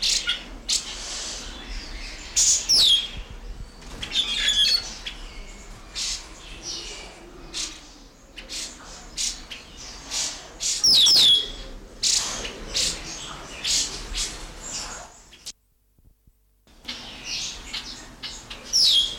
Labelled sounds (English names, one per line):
Red-tailed Minla